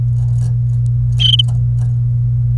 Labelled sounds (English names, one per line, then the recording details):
Domestic Canary song
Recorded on 27 April 2018 at 08:49
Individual llb3